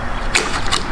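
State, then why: Seated. A new BavSound tweeter is pressed into its plastic tweeter mount in the door trim of a BMW E90, and it seats without any glue. A short burst of high-pitched creaking at about 0.35 s is followed by a sharp pop at 0.7 s as the tweeter snaps into place and stays put.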